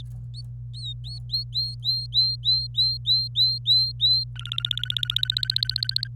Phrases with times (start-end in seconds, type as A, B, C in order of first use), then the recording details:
0.34-0.41 A, 0.74-4.24 A, 4.36-6.08 B. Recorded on 26 April 2018 at 12:28. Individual llb3